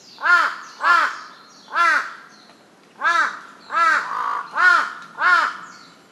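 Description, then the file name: Large-billed crow calling with loud hoarse caws, three, a pause, then a run of four with a softer grating note among them. "hasibutogarasu"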